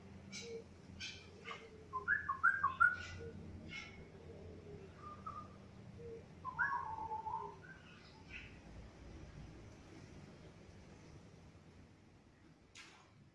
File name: Straw headed bulbul